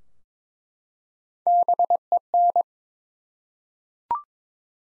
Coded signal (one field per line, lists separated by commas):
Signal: Morse code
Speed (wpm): 22 wpm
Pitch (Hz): 700 Hz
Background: none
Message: BEN